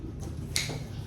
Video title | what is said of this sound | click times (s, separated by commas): GC MAG MOVIL PCP AIR RIFLE BINALIK ULET SA AKIN NG BUYER😱 | Ayan check. Naka-lock. | 0.6 s